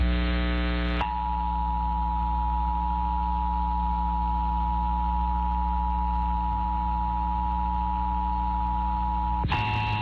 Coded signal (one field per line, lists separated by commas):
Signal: Emergency Alert System (SAME) tones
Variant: 853 and 960 Hz attention tone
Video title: Various Emergency Alert System (EAS) Tests - Week of 9/6/2021